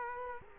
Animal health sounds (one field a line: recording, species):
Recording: mosquito wingbeat signal from an infrared sensor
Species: Culex quinquefasciatus